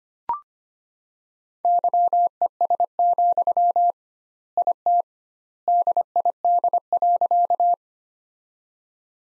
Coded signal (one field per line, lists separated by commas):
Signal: Morse code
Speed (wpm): 25 wpm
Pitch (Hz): 700 Hz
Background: none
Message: YES, IT DID.